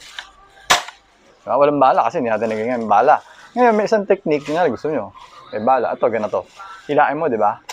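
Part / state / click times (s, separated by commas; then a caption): rifle bolt/spring sear in airsoft bolt-action rifle / not seated / none. Someone talks while handling a Modify Mod24 SPS bolt-action spring airsoft rifle, with a faint tick near 0.2 s and a loud sharp snap at about 0.7 s. The clip ends as the bolt is being pulled back, before the spring sear catches, so nothing has seated or clicked yet.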